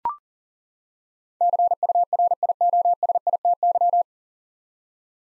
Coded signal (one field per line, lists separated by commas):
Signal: Morse code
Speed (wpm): 40 wpm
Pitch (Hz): 700 Hz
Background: none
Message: CURIOSITY